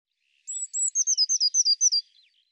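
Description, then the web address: Eurasian blue tit call: two thin high whistled notes, then a quick run of buzzy, slightly falling notes, all in under two seconds. "cianscape birddata Deverinetal 2025 File cleaned normalized Bird Cy Ca"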